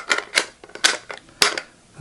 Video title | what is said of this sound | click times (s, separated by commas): Mark Hogan and the M1 Carbine. Another Great Milsurp Moment with a Sophisticated Weapon | snaps right in there and we'll do a little closeup action here | 1.4 s